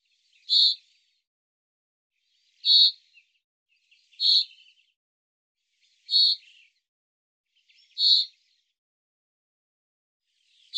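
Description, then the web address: Bird calls: short, bright, harsh notes repeated about every two seconds, six in all, against a silent background. "Deverinetal 2025 File cleaned normalized Bird Fr Co"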